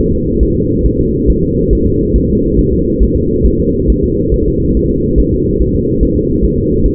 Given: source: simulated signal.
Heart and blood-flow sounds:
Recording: fetal heart sounds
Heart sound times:
0.13 s: S2
0.43 s: S1
0.57 s: S2
0.86 s: S1
1.00 s: S2
1.30 s: S1
1.44 s: S2
1.73 s: S1
1.87 s: S2
2.16 s: S1
2.30 s: S2
2.59 s: S1
2.73 s: S2
3.03 s: S1
3.17 s: S2
3.46 s: S1
3.60 s: S2
3.90 s: S1
4.04 s: S2
4.34 s: S1
4.48 s: S2
4.77 s: S1
4.91 s: S2
5.20 s: S1
5.34 s: S2
5.62 s: S1
5.76 s: S2
6.03 s: S1
6.17 s: S2
6.44 s: S1
6.59 s: S2
6.86 s: S1
From the record:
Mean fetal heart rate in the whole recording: 140 bpm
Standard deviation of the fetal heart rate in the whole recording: 2 bpm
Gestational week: 34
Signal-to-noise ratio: -14.7 dB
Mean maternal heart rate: 72 bpm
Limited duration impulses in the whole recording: present

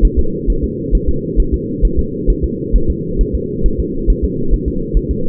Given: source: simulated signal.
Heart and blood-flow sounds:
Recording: fetal heart sounds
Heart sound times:
0.05 s: S1
0.19 s: S2
0.50 s: S1
0.64 s: S2
0.95 s: S1
1.09 s: S2
1.40 s: S1
1.54 s: S2
1.85 s: S1
1.99 s: S2
2.30 s: S1
2.44 s: S2
2.76 s: S1
2.90 s: S2
3.21 s: S1
3.35 s: S2
3.66 s: S1
3.80 s: S2
4.10 s: S1
4.24 s: S2
4.54 s: S1
4.68 s: S2
4.97 s: S1
5.11 s: S2
From the record:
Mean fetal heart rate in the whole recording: 135 bpm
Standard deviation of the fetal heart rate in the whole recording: 3 bpm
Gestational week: 36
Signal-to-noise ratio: -8.1 dB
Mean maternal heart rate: 72 bpm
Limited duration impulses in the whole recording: absent

